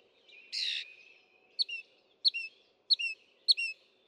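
Northern mockingbird gives a harsh, noisy burst, then four quick two-part chirps, a sharp downslurred note followed by a lower whistle, repeated at even intervals.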